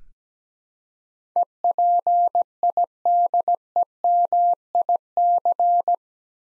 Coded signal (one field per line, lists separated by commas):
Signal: Morse code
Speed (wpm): 17 wpm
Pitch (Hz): 700 Hz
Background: none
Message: EPIDEMIC